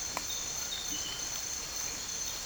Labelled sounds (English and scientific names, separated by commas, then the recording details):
none
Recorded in dense forest near Puerto Asís, Putumayo, Colombia, on 8 March 2025 at 07:30
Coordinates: 0.467, -76.328
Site G041